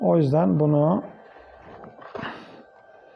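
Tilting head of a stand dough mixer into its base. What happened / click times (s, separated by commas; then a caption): The part is being handled but has not seated yet / none. Someone talks over a Fakir stand dough mixer whose tilting head is being lowered into its base, because the safety lock keeps the machine from running until the head is seated. After the speech, quiet handling noises follow, with a faint tap near 1.8 s and a soft bump around 2.2 s. Nothing has seated or clicked yet, and the motor does not start.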